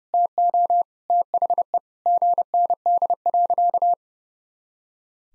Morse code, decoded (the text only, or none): TO THE GND.